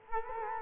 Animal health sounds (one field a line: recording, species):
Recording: mosquito wingbeat signal from an infrared sensor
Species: Culex quinquefasciatus